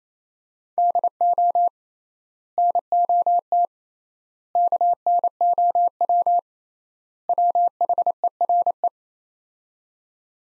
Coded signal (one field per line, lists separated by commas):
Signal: Morse code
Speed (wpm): 28 wpm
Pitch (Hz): 700 Hz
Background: none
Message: DO NOT KNOW WHERE